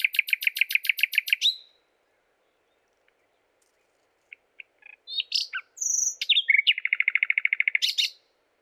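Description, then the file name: Common nightingale song: a rapid repeated chirping burst, a pause with scattered clicks, then varied whistled notes ending in a fast trill. "Luscinia megarhynchos"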